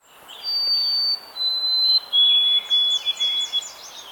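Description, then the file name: White-throated sparrow singing clear whistles that drop in steps, then a string of short repeated notes. "Zonotrichia albicollis - White-throated Sparrow"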